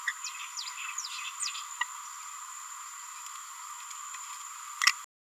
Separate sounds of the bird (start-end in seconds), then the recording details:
1.81-1.83, 4.82-4.92. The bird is a male. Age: 24 days. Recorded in a nest box in Venezuela. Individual 17B31A1